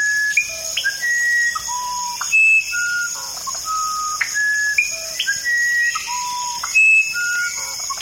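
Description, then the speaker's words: Musician wren song: pure whistled notes jumping between different pitches in a flowing, tune-like phrase, over a steady high insect drone. Picking up its theme again after stopping mid-theme; ranges from Mesoamerica down into the deep Amazon. "Listen to how this musician wren picks up the theme. Here he is."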